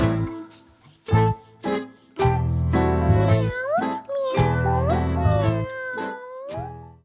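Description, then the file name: Cat meowing in several drawn-out mews, with low tonal sounds and thumps underneath. "pusekatt"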